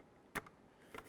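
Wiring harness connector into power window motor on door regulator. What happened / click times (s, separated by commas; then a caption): The wiring connector clicks into its plug / 1.0 s. A wiring harness connector is pushed into the power window motor's mating plug on a new front window regulator assembly in a 1998-2011 Ford Ranger door. A brief broadband knock sounds at about 0.4 s, then the connector clicks in at 1.0 s. It is seated, and it is then given a wiggle to check it.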